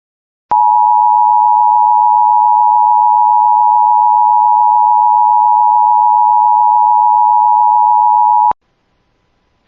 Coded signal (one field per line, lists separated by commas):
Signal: Emergency Alert System (SAME) tones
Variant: 853 and 960 Hz attention tone